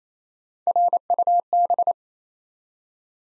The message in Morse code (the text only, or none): RUB